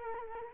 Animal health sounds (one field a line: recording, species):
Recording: mosquito wingbeat signal from an infrared sensor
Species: Culex quinquefasciatus